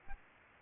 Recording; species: mosquito wingbeat signal from an infrared sensor; Aedes aegypti